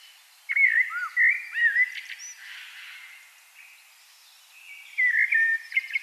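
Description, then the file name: Blackbird warbled song: a fluty phrase with dipping whistles, a quieter pause, then another mellow phrase near the end. "Turdus merula"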